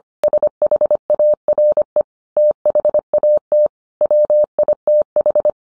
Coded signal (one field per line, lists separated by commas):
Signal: Morse code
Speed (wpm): 25 wpm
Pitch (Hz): 600 Hz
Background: none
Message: SHARE THAT WITH